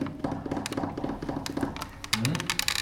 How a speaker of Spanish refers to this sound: Yo toco la puerta con las uñas, claro, hay gente que hace así.